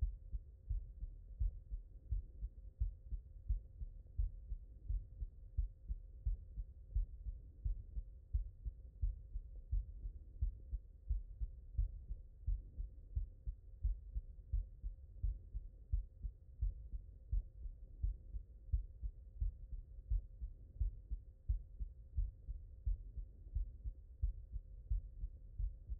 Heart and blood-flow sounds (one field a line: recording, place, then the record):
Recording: heart sounds by stethoscope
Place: mitral valve (MV)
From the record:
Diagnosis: non-HFrEF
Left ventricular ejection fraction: 69%